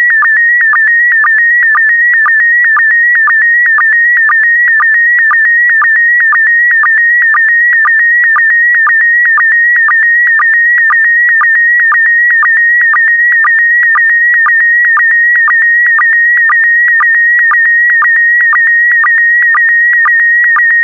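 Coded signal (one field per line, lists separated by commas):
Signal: SSTV (slow-scan television)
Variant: PD120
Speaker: complete. You can now check your decoded image against the picture that is shown on the video.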